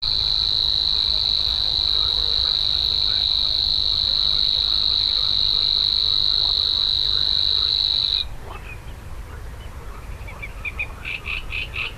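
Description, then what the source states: Savi's warbler song: a monotonous high buzzing trill sustained for about eight seconds, then cut off, followed by soft chipping notes. Recorded at Slatina pond, Prague, Czech Republic, on 16 June 2013, 21:31–21:35 CEST; the species breeds there regularly, at least two pairs in 2013.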